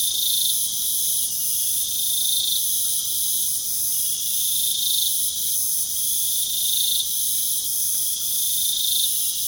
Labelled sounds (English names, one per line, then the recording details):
none
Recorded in pastures near Puerto Asís, Putumayo, Colombia, on 25 June 2025 at 21:00
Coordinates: 0.497, -76.327
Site G040